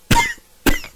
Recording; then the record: coughing mixed with background sound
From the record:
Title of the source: Coughing 51